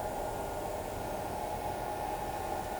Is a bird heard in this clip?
no